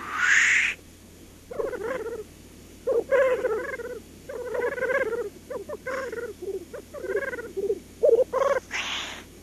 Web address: black grouse